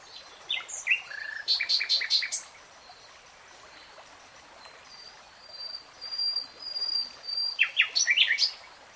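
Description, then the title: Nightingale song: loud repeated chirping notes, a quiet stretch with thin whistles, then another burst of sharp varied phrases. Real-time recording, not slowed. "[Tiếng chim hót] Nightingale Singing"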